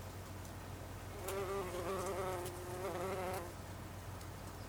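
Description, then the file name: Bumblebee buzz that swells in for about two seconds, a droning pitched hum with rich overtones, then fades back to faint background hum. Recorded 26 August 2012; Icelandic name hunangsflugur, plural. "hunangsflugur 2012-08-26"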